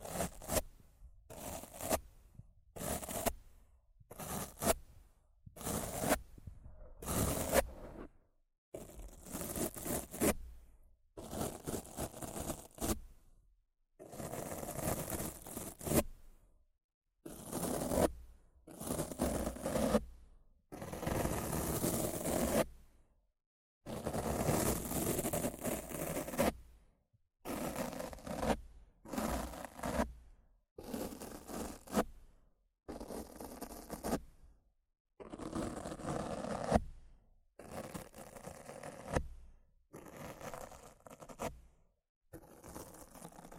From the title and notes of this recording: ASMR Rough Mic Scratching & Brushing (No Talking).